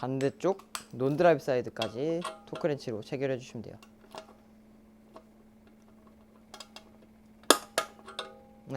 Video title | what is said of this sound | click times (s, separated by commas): 픽시자전거 완차분해정비 2부 | 요렇게 딸깍 소리가 나며 는 토크 없이 딱 정확하게 들어왔다는 소리죠 | 7.5 s